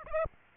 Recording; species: mosquito wingbeat signal from an infrared sensor; Aedes aegypti